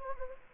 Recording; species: mosquito wingbeat signal from an infrared sensor; Anopheles gambiae